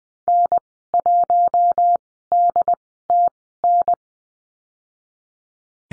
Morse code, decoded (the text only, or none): N1DTN